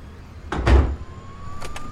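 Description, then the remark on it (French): A door swings shut behind someone with a loud, low thud, followed shortly by two quick, sharp latch clicks over a faint steady hum. “Une autre porte. Ah, tiens. Elle donne sur la rue?”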